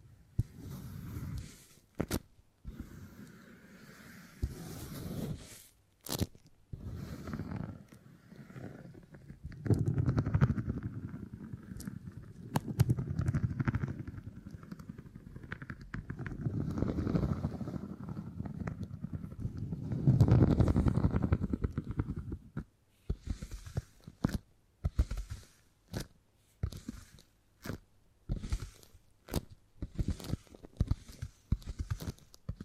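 Beeswax being handled, with soft crinkling, squishing and kneading sounds. Through the middle stretch the low, muffled rubbing is fuller and steadier. Earlier and toward the end, sharp clicks and crackles come in quick, irregular bursts with short pauses between.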